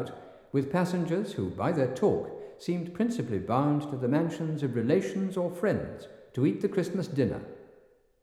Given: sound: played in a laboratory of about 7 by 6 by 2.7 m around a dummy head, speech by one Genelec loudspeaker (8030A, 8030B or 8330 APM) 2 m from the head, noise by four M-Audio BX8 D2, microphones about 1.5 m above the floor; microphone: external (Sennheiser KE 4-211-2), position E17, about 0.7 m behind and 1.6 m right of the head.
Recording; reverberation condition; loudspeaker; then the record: male speech in English; high; 120 degrees to the right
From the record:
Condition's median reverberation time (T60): about 1300 ms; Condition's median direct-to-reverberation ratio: about -4.0 dB